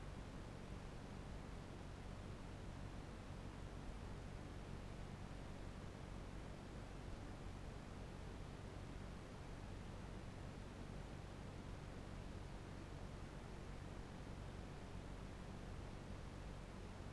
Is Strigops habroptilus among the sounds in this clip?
no